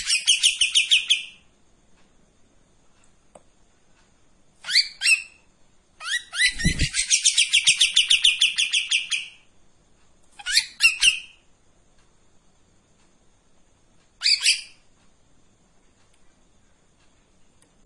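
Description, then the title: Streak-eared bulbul delivering several separate bursts of rapid, high, rattling notes with long silent gaps between them; one brief low thump near the middle. Sings energetically in tembakan and long besetan styles; intended as a training song for white-rumped shamas. "KAPAS TEMBAK GACOR TEMBAKAN DAN BESETAN PANJANG MASTERAN MURAI BATU PASTOL"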